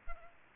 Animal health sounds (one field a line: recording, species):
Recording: mosquito wingbeat signal from an infrared sensor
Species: Aedes aegypti